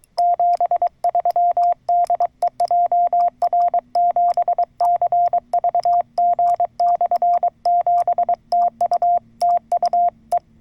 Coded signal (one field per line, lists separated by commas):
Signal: Morse code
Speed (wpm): 23 wpm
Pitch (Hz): 700 Hz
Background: radio noise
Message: 73 DE JR7CVG/7 TU TU E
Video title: 三脚を使用しない自立型RHM12/ FTX-1F 10W/ 福島県霊山 登山移動運用/ SOTA POTA Activation at Ryozen Prefectural Nature Park